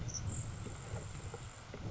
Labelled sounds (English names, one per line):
Grasshopper Sparrow